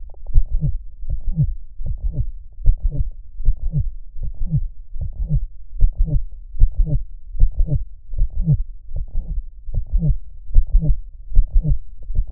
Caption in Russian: ПМК дистанционно верхушка на боку.